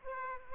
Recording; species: mosquito wingbeat signal from an infrared sensor; Aedes aegypti